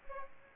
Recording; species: mosquito wingbeat signal from an infrared sensor; Aedes aegypti